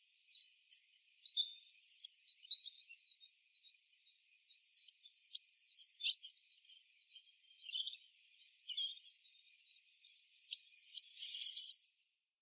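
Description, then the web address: Bird giving high, sharp chirps in quick irregular bursts separated by short pauses, some notes slurred and squeaky; background otherwise quiet. "cianscape. Deverinetal 2025. Bird Only"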